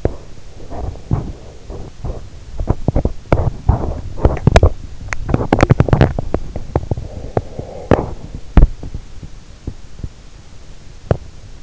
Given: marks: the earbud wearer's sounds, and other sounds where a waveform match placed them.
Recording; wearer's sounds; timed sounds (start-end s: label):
sounds in sleep by an in-ear microphone; body movement, teeth grinding
0.00-2.90 s: body movement
2.75-11.63 s: teeth grinding